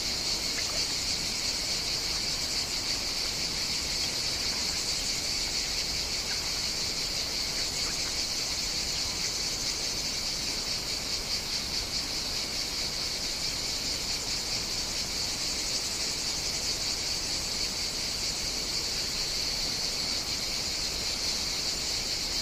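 Cicadas drone without pause, a dense, shrill buzzing concentrated in a high band with a fainter layer above it. The sound holds steady and evenly loud for the whole stretch, with no breaks or swells. Beneath it sits a soft, low outdoor hiss.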